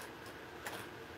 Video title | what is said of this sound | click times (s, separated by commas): Preorder Unboxing Video Sneak Peek Stampin’ Up! 2024-2025 Annual Catalog Haul Inky Hands Warm Hearts | there we go so it locks in place | 0.7 s